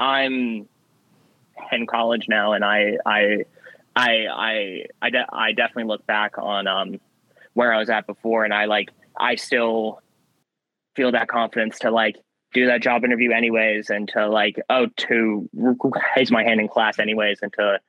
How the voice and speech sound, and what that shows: What It's Like Living With A Stutter. A young man who struggles with stuttering.